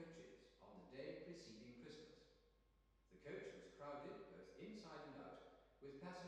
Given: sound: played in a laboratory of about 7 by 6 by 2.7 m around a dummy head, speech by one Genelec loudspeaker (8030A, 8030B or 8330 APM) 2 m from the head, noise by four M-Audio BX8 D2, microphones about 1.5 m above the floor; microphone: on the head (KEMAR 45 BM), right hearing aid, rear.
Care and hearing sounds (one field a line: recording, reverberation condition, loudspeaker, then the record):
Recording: male speech in English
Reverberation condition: high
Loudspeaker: 30 degrees to the left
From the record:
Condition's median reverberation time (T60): about 1300 ms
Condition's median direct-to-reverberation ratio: about -4.0 dB